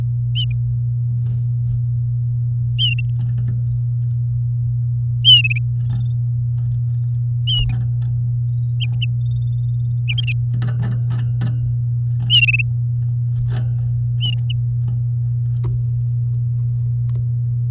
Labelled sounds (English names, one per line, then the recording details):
Domestic Canary song
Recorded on 8 May 2018 at 08:09
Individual llb16